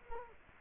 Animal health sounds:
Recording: mosquito wingbeat signal from an infrared sensor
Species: Culex quinquefasciatus

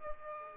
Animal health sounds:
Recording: mosquito wingbeat signal from an infrared sensor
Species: Aedes aegypti

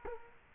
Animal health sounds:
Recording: mosquito wingbeat signal from an infrared sensor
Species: Culex quinquefasciatus

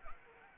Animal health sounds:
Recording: mosquito wingbeat signal from an infrared sensor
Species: Anopheles arabiensis

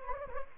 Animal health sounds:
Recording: mosquito wingbeat signal from an infrared sensor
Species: Anopheles gambiae

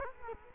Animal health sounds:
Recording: mosquito wingbeat signal from an infrared sensor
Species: Culex quinquefasciatus

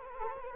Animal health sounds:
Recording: mosquito wingbeat signal from an infrared sensor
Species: Anopheles arabiensis

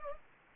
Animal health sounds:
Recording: mosquito wingbeat signal from an infrared sensor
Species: Anopheles gambiae

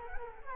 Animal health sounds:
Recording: mosquito wingbeat signal from an infrared sensor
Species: Culex quinquefasciatus

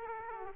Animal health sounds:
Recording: mosquito wingbeat signal from an infrared sensor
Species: Aedes aegypti

